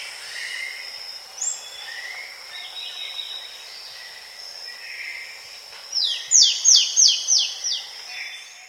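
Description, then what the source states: Russet antshrike calling: a quick series of five high, sharply downslurred notes near the end, over a steady background hum of insects and birds. South America.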